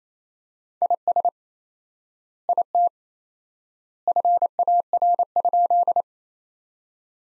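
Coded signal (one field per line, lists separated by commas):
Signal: Morse code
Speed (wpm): 28 wpm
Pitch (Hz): 700 Hz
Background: none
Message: IS IT FAR?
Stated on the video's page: Morse practice set of sentences built from the top 300 words at 28 wpm with 4x word spacing, a word-level take on the Farnsworth method.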